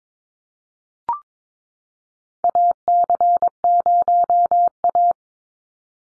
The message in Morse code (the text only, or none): AC0A